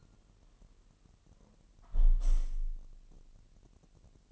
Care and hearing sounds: daily activity, microphone in the room; close window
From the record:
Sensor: 4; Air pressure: 1000.9 hPa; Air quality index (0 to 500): 243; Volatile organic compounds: 41 ppm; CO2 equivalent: 3157 ppm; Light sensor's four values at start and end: 9/21/8/8 and 9/20/8/7

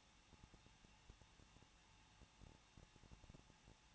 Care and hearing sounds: daily activity, microphone in the room; no activity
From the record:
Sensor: 1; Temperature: 20.1 degrees Celsius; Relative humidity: 39.1%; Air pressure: 1006.3 hPa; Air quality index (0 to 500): 217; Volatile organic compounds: 76 ppm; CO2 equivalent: 3572 ppm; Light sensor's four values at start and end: 1/2/1/1 and 1/2/1/1

